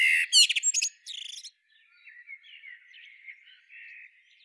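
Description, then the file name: Eurasian blackbird giving a short burst of high, scratchy twittered notes, after which only faint, thin songs of birds continue. "Turdus merula"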